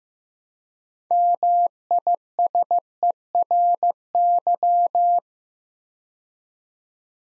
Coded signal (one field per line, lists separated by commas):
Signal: Morse code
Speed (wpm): 15 wpm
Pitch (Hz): 700 Hz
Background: none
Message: MISERY